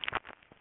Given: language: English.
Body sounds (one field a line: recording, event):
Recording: throat vibration sensor signal played as sound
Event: swallow